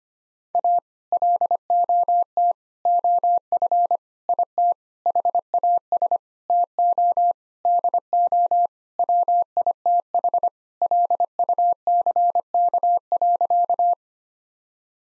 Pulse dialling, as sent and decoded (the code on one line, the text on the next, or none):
none